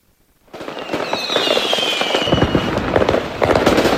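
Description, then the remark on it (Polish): New Year's Eve fireworks and firecrackers in Kraków, Poland, burst into a dense, continuous barrage of rapid pops and bangs after a brief silence, with a high whistling rocket streaking through the loud crackle. “Czy w Krakowie będzie można strzelać w Sylwestra i czy za decyzją wojewody stoi coś więcej?”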